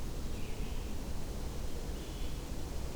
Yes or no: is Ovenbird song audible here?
no